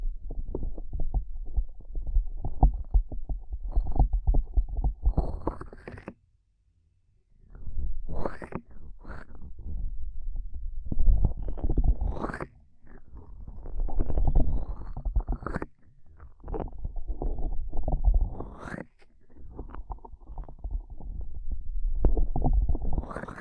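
Ear cupping triggers: muffled, low rustling and thumping in repeated bursts, with brief bright swishes and a short silent gap around six seconds.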